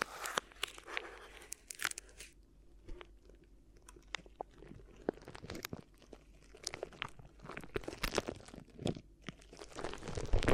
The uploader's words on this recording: ASMR Addictive Crinkly Ear Massage (No Talking).